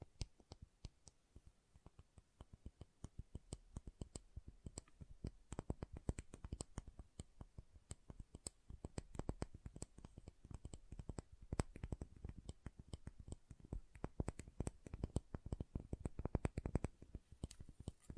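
Soap being tapped and carved, heard as a dense stream of sharp clicks and taps packed closely together for the whole 18 seconds. The taps come irregularly, some louder and crisper than others. The pace builds slightly after the first few seconds and stays busy throughout.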